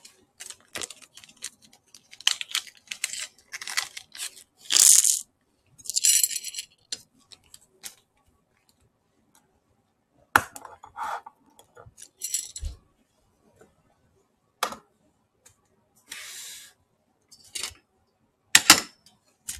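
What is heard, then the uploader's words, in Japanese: Hand picking, heard as short, crisp clicks, snaps and rustles in uneven clusters. Brighter scraping bursts come near 5 and 6 seconds, then near-silence from about 8 to 10 seconds before sparser clicks and brushes resume until the end. ハンドピッキング。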